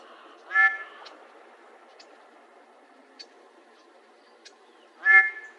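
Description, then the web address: Mallard quacks, two loud nasal calls about four and a half seconds apart, with faint clicks and a low background hum between them. "Ducks Geese Swans MALL deviche"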